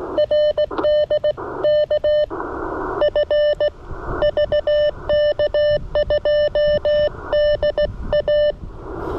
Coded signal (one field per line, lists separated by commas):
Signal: Morse code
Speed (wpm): 18 wpm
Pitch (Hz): 600 Hz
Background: none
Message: RD K F VK2DA